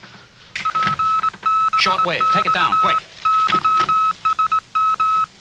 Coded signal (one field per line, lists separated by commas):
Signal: Morse code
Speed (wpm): 20 wpm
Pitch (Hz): 1290 Hz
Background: speech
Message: PBX YSM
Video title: Long Island CW Club presents to HCRC 1 18 2022